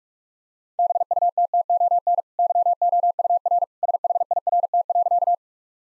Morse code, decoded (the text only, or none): BUTTON YOUR SHIRT.